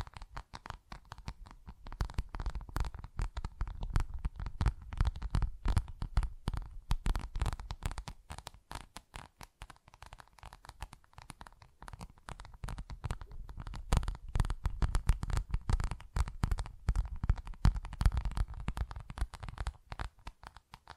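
Tapping and scratching on textured surfaces, a dense run of quick, crisp strikes that continues for the whole stretch with barely a pause. The hits carry a dull low thud under a brighter click, and the pace swells and eases in loose waves.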